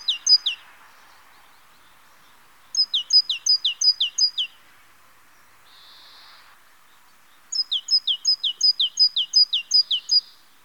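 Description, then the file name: Great tit song, crisp repeated two-note phrases in three runs separated by pauses, over a light background hiss. "Mesange charbonniere"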